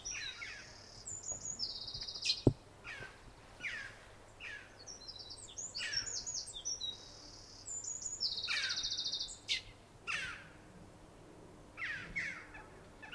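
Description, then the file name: Eurasian wren singing high, fast, rattling trills in several bursts, interspersed with sharp chirpy notes and clicks, above a faint low hum throughout. "Troglodytes troglodytes"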